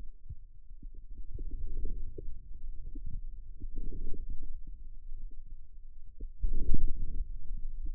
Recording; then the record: forearm muscle sounds (acoustic myography)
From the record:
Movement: outward rotation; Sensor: system 2, bracelet of six BSWA MPA416 microphones around the upper forearm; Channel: 5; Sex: male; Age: 22 years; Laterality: right